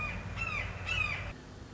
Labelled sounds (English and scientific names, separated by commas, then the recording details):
Red-shouldered Hawk (Buteo lineatus)
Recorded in Sonoma County, California